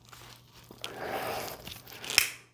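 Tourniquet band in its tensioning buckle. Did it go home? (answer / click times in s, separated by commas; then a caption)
yes / 2.2 s. The band of a windlass tourniquet is pulled tight through its TRUE force buckle, making a soft rubbing, crinkling friction with a few small snaps. A sharp click at 2.2 s is heard as two plastic tabs pop out and lock into a pair of holes along the band. This means the band is tight enough to start twisting the windlass.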